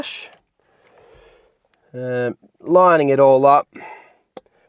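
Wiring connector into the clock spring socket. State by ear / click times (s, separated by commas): seated / 4.4 s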